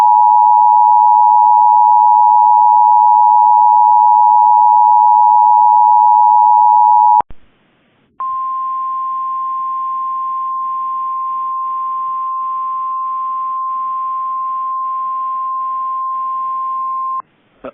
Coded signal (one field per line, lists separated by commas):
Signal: Emergency Alert System (SAME) tones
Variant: 853 and 960 Hz attention tone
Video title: Severe Thunderstorm Warning EAS #2 (Cox) 8/17/2024